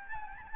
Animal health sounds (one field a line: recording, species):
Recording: mosquito wingbeat signal from an infrared sensor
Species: Aedes albopictus